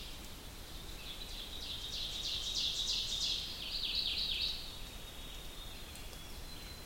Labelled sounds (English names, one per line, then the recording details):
Ovenbird song
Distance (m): 60 m
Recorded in boreal forest in Alberta, Canada, on 2 June 2016 at 06:46
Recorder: SongMeter 3, array SBT-3-7
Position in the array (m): 92 m, 90 m
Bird 5